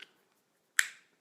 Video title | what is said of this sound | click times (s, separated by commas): No More Teeth in a Glass Facebook Live Video | Did you hear that clicking noise? | 0.0 s, 0.8 s